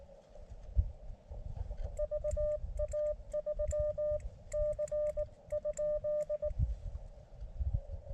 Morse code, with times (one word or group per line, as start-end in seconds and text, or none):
2.0-4.2 VA3
4.5-6.5 C?